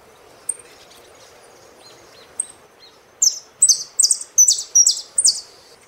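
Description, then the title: Saffron finch song: two sparse high chips and soft lower notes, then a fast chain of buzzy, descending phrases in strong bursts. "Jilguero Argentino"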